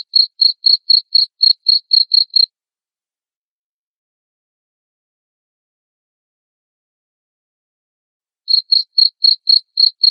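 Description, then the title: Cricket giving a burst of high, even chirps, then a long silence before the chirping resumes at the same quick pace. Loud cricket chirping played to make lovebirds sing continuously. "Suara JANGKRIK NGERIK Keras Bikin LOVEBIRD Jadi NGEKEK Terus Vubey"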